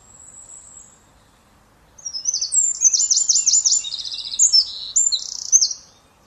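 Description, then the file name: Eurasian wren singing a rapid, high-pitched cascade of trills and sharp notes lasting about four seconds, after a faint thin whistle at the start. "Troglodytes troglodytes"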